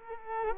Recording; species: mosquito wingbeat signal from an infrared sensor; Culex quinquefasciatus